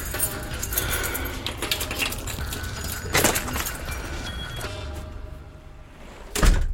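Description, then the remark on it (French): A door is handled and opened, with steady rattling and shuffling noise punctuated by two heavy thunks, the last one the loudest. No one speaks. “j'ai essayé la porte, mais on m'a demandé de m'identifier.”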